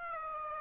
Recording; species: mosquito wingbeat signal from an infrared sensor; Aedes aegypti